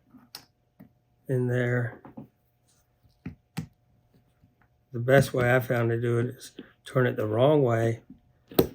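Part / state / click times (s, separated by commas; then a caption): threaded retainer into flashlight head / seated / 8.6 s. A threaded retainer holding the drop-in is turned backwards in the head of a Malkoff MDX flashlight until the thread ends drop past each other. Someone talks, with faint small clicks in the pauses, and a sharp click at 8.6 s marks the thread start seating into place so it can be screwed down.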